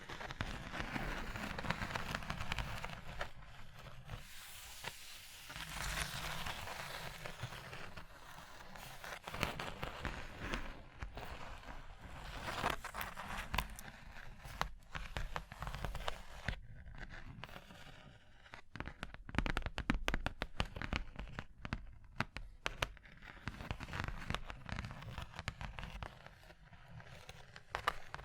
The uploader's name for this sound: Hypnotic Surface Tapping, Scratching, Tracing Sounds